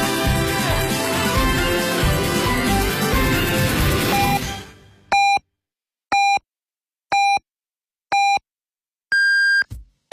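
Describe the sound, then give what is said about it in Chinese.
Broadcast audio fades out, then the Beijing City Radio 1073 time signal beeps sound alone, marking 14:00 Beijing time: four short, evenly spaced tones a second apart, followed by a longer, higher-pitched final beep. “北京城市广播1073，请您准确对时，现在是北京时间14点整。”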